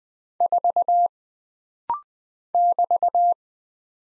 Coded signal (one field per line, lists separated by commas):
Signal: Morse code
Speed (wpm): 20 wpm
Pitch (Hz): 700 Hz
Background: none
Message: 4 <BT>